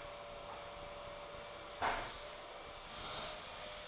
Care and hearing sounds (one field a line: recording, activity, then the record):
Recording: daily activity, microphone in the room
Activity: vacuum cleaning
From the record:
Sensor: 5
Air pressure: 1009.7 hPa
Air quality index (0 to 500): 167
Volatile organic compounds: 4 ppm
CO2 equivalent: 1619 ppm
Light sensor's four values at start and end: 110/288/118/126 and 110/288/118/126